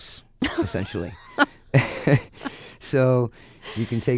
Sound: soundbite of laughter

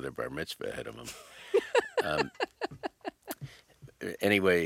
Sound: laughter

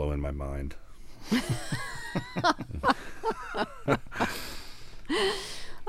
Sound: soundbite of laughter

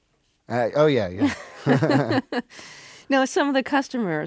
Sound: laughter

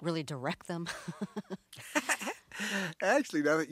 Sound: soundbite of laughter

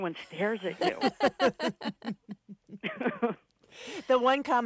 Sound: laughter

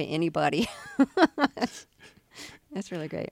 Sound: laughter

